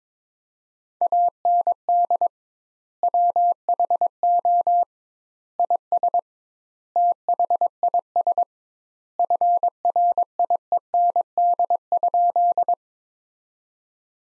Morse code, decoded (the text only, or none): AND WHO IS THIS FRIEND?